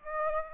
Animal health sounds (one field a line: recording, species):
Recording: mosquito wingbeat signal from an infrared sensor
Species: Aedes aegypti